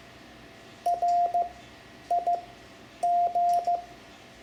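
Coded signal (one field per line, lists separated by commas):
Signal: Morse code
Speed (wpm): 15 wpm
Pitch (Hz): 700 Hz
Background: none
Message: RIG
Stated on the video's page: Morse lesson on punctuation and abbreviations for amateur radio.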